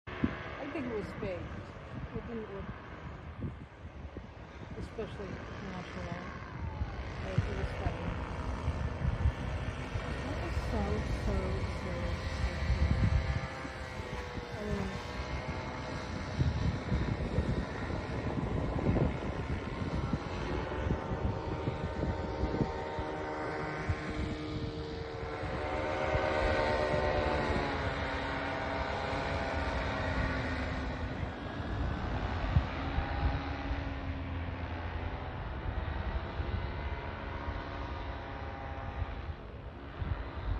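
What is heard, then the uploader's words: Powered paragliders drone with a steady, buzzing engine note that rises and falls in pitch, swelling louder around the middle and again near 25 to 30 seconds. Voices and wind rumble mix underneath, with thumping low knocks early on. A couple of powered paragliders decided to fly over the beach in San Clemente today.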